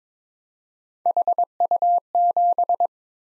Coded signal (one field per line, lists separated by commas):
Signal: Morse code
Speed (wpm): 22 wpm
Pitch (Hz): 700 Hz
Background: none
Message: HU7